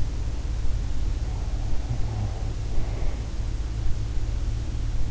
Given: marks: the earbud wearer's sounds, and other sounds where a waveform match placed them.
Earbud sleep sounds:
sounds in sleep by an in-ear microphone; breath
1.38-3.31 s: breath

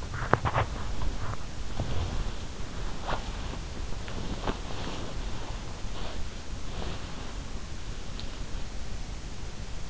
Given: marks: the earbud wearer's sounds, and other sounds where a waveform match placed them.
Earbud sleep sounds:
sounds in sleep by an in-ear microphone; teeth grinding
0.00-0.80 s: teeth grinding
0.57-7.98 s: sound from someone else or the room

